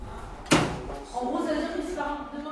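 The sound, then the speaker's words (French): A door shuts with one sharp, loud knock in a residential centre for young girls, its brief clatter fading quickly before a person begins talking over low background noise. “Dans les premiers temps, ça peut être particulier parce qu'on ouvre beaucoup de portes, on ferme beaucoup de portes.”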